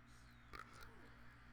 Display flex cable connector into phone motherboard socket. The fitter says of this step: I do end up using the metal tool again just to you know lightly put pressure on it make sure it's all clicked in